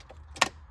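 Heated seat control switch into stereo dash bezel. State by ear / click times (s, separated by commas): seated / 0.4 s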